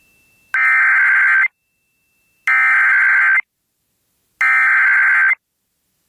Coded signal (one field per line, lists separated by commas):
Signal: Emergency Alert System (SAME) tones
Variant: header bursts